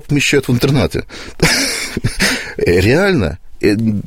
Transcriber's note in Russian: Смеется